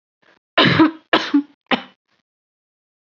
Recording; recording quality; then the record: heavy voluntary cough; excellent, no background noise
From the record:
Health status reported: COVID-19 positive, no symptoms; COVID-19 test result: positive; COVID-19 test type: RT-PCR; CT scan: not taken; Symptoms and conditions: none ticked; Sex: female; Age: 25 years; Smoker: no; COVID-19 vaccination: both doses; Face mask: not worn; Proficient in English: yes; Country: India